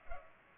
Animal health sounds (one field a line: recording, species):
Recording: mosquito wingbeat signal from an infrared sensor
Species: Culex pipiens